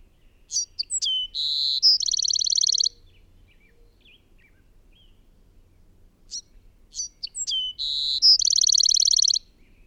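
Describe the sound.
Bird song repeated twice: crisp high chirps leading into a whistle and a rapid, buzzy trill, separated by several seconds of near silence.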